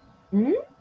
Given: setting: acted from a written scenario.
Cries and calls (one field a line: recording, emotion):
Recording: vocal sound without words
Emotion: confusion